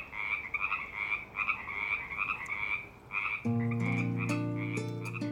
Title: The Frogs Have Returned To Knickerbocker Lane